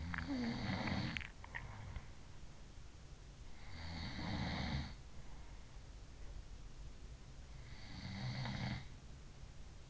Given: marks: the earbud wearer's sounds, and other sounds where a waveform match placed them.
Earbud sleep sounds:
sounds in sleep by an in-ear microphone; swallowing
0.00-1.74 s: swallowing
3.76-5.02 s: sound from someone else or the room
7.93-8.96 s: sound from someone else or the room

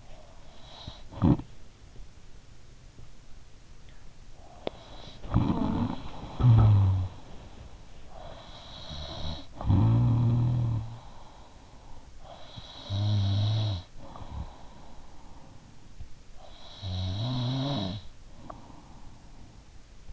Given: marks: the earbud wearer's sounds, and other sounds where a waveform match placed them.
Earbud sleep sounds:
sounds in sleep by an in-ear microphone; snoring breath
0.20-2.27 s: snoring breath
4.32-20.13 s: snoring breath

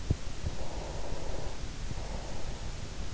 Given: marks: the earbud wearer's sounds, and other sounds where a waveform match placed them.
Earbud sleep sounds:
sounds in sleep by an in-ear microphone; breath
0.53-3.00 s: breath

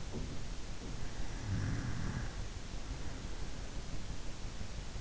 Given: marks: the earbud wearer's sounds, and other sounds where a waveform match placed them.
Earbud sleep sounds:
sounds in sleep by an in-ear microphone; snoring breath
0.05-1.03 s: sound from someone else or the room
1.19-4.34 s: snoring breath

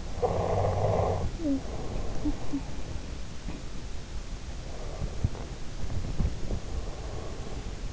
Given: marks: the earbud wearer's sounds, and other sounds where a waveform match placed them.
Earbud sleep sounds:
sounds in sleep by an in-ear microphone; snoring breath, talking in sleep, breath, teeth grinding
0.00-2.98 s: snoring breath
1.38-2.76 s: talking in sleep
4.68-7.74 s: breath
4.95-6.69 s: teeth grinding

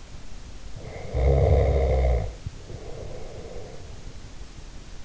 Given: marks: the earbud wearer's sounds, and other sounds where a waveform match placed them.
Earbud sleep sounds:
sounds in sleep by an in-ear microphone; snoring breath
0.63-4.09 s: snoring breath

